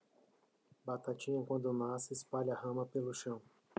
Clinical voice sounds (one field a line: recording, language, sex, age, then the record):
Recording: short text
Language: Brazilian Portuguese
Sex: male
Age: 40 to 49 years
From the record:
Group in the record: control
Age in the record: 43 years